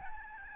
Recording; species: mosquito wingbeat signal from an infrared sensor; Aedes albopictus